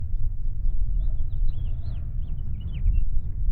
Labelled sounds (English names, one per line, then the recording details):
House Finch song
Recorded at Babylon on Long Island, New York, on 21 May 1975
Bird A